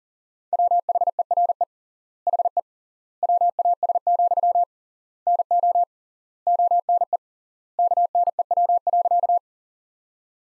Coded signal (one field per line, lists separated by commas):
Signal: Morse code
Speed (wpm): 40 wpm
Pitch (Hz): 700 Hz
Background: none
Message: WHERE HE WAS, NO ONE KNEW.